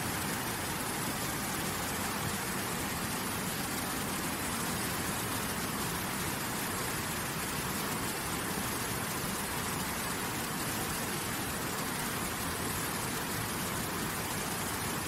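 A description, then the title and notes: A waterfall roars steadily and densely throughout, a constant rush filling low and high tones alike without any pause or change. Waterfall with Nature Sounds.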